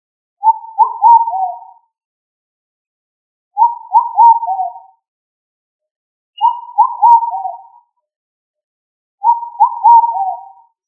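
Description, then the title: Pigeon coos in four similar wavering phrases, each lasting over a second and repeated roughly every three seconds, with silence between. "Familia Columbidae Pomba"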